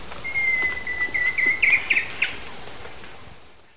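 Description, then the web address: Ocellated woodcreeper song opening with a long level whistle that breaks into quickening, slightly rising notes, with a high insect drone behind. Eastern lowlands of South America. "Natures Songs S America Eastern Lowlands. Ocellated Woodcreeper"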